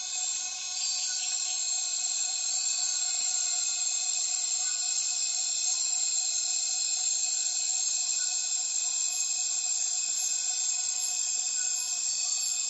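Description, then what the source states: Cicadas droning in a thick, unbroken high buzz, several layered tones; near the end a separate very high pulsing note repeats about once a second. Many cicadas calling at dusk as the afternoon light fades, rainforest in Tawau Hills National Park, Borneo; recorded with Zoom F6 and Lom MikroUsi Pro microphones.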